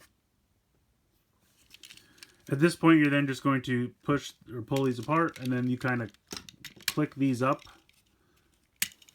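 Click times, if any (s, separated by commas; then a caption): 8.8 s. Someone talks while flicking up small flip-up plastic pieces on a Shinkansen Henkei Robo Shinkalion 06 E3 Tsubasa Iron Wing transforming toy robot, with faint handling ticks in the background. At 8.8 s a sharp click is heard as the pieces lock into place, seated.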